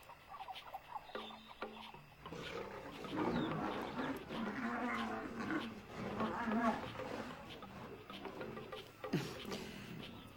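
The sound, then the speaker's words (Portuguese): Tigers fighting over who owns the territory snarl and roar at each other in a scuffle, with rough, low growls swelling into loud bursts for several seconds, then easing into scattered snarls and a final sharp roar. “Podemos ver os tigres brigando para ver quem é o dono do território.”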